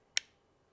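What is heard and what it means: An extended slide stop lever snaps into place on a pistol's trigger pin after the pin has been trued up on both sides. Its spring pushes it into the two grooves on the pin, giving one sharp, bright click at 0.2 s against near silence. The slide stop is seated.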